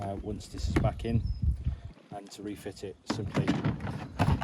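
Someone talks while handling the emptied toilet waste cassette of a Roller Team AutoRoller 747 motorhome, about to push it back into its side housing, with a few brief knocks near the end. Nothing has seated or clicked yet.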